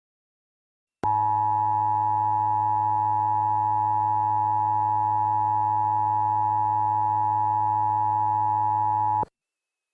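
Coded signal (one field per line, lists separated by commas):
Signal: Emergency Alert System (SAME) tones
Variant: 853 and 960 Hz attention tone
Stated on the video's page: Fictional EAS mock, not a real transmission.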